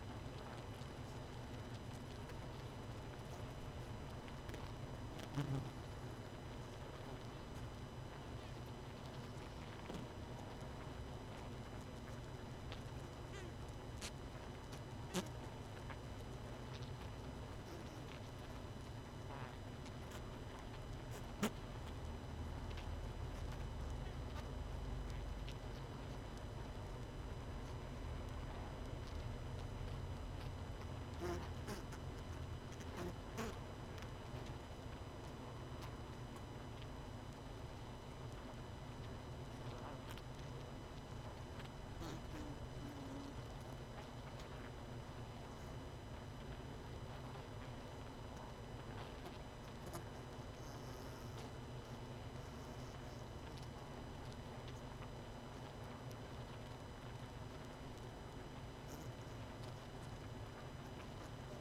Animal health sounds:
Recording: honeybee colony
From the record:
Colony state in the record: missing queen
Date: 31 May 2018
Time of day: 21:37

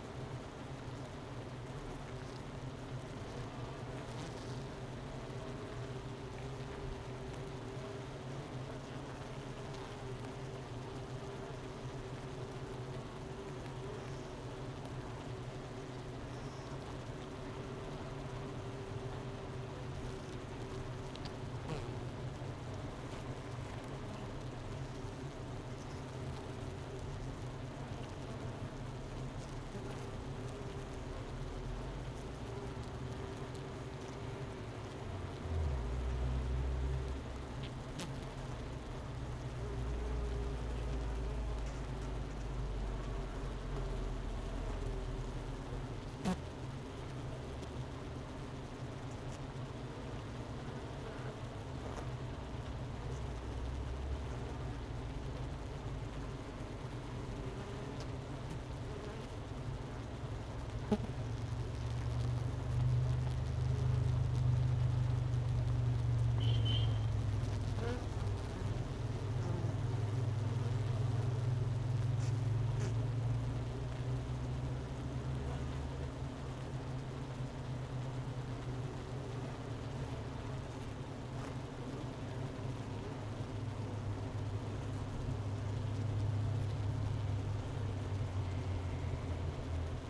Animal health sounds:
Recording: honeybee colony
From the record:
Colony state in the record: missing queen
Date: 31 May 2018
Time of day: 11:36

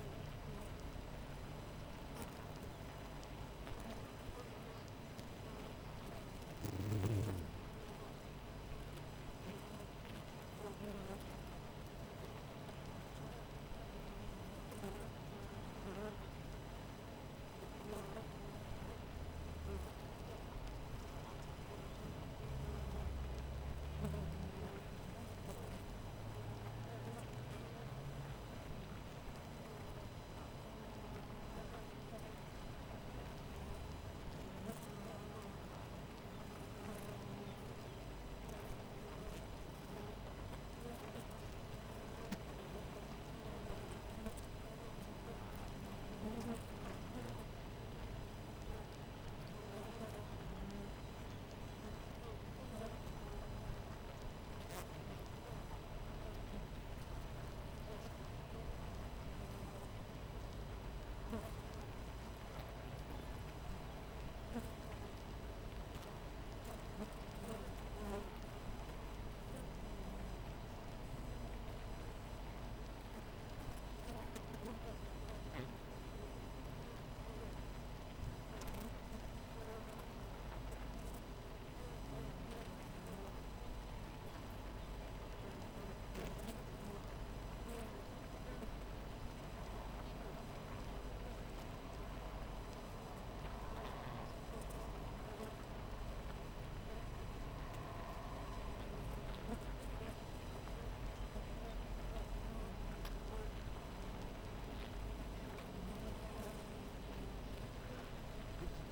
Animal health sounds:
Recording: honeybee colony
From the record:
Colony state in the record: missing queen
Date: 14 July 2017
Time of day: 4:35

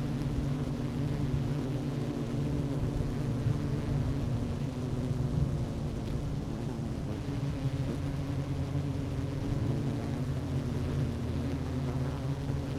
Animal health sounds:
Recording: honeybee colony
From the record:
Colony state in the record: active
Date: 12 June 2018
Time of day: 11:49

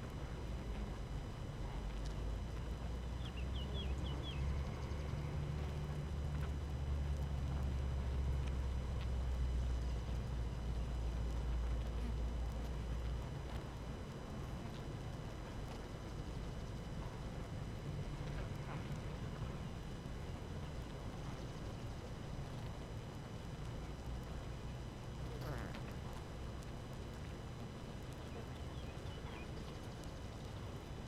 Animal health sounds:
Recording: honeybee colony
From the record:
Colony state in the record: active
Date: 12 June 2018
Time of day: 5:39

